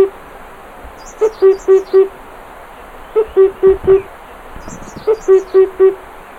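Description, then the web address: Himalayan cuckoo giving deep, evenly spaced four-note hoop phrases, three sets roughly two seconds apart, while thin high twittering from other birds sounds in the background. "sound Himalayan-cuckoo. صدای-پرنده-کوکوی-هیمالیایی"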